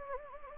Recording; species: mosquito wingbeat signal from an infrared sensor; Anopheles gambiae